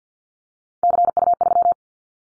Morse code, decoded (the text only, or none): CU3